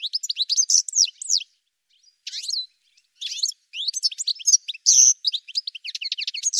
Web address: cianscape birddata Deverinetal 2025 Bird Ca Ca